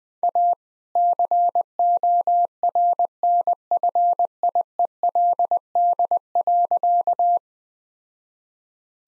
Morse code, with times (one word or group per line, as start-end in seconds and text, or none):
0.2-0.5 A
1.0-7.4 CORNFIELD.